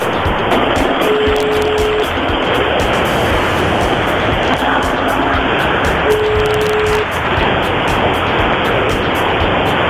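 A steady, unbroken roar of car ventilation and engine noise heard over a phone line during a live morning call on Fun Radio, muffled and thin, with faint humming tones drifting in and out and no voices.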